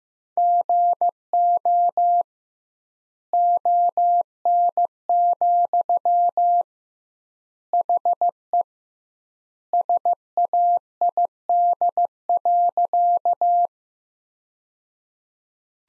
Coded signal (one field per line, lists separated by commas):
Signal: Morse code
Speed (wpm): 15 wpm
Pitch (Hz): 700 Hz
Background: none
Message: GO ON, HE SAID.